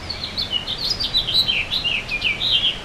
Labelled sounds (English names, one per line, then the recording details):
House Finch song
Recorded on Long Island, New York, on 26 May 2012
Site OB
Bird A